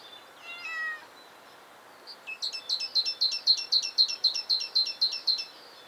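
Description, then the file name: Great tit: after a brief harmonic note, a sharp even series of high two-part notes repeats rapidly, about four per second, for several seconds. "Parus major"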